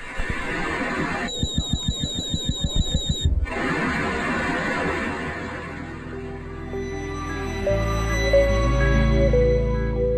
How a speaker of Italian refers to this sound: E questo è un sonar esterno.